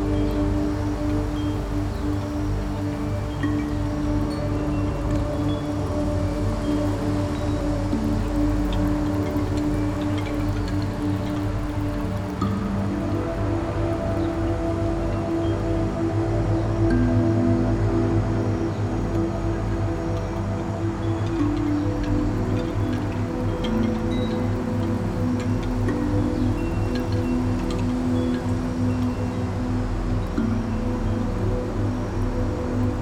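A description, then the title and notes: Wind chimes ring in the wind with long, overlapping tones that hang in the low-middle range, their notes shifting every several seconds. A steady low rumble of wind and city noise runs underneath, keeping the overall level even throughout. Windy Windchimes in the City.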